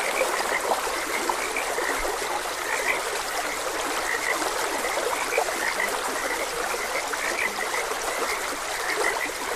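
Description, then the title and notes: Frogs keep up a chorus of short repeated calls while a stream rushes steadily behind them. Frogs croaking beside a gentle stream. "Frogs Croaking. Sleep and Relaxation Podcast"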